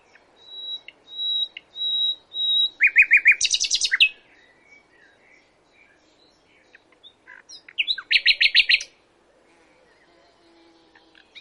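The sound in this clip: Common nightingale song opening with slow, pure whistled notes repeated about every half second, then two bursts of fast, loud, rattling trills and chatters.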